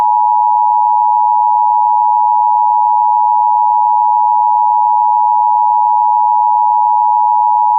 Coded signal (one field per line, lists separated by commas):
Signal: Emergency Alert System (SAME) tones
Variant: 853 and 960 Hz attention tone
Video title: EAS Alert Mock Up.